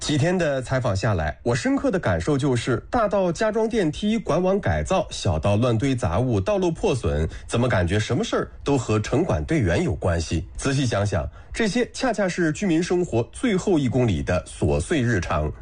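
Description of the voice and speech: One adult man narrates fluently in Mandarin, with a clear, steady voice at an ordinary pace and pitch.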